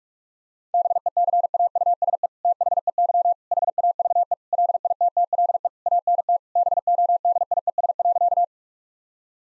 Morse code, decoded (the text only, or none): BECAUSE THEY HAVE LITTLE ANT BODIES.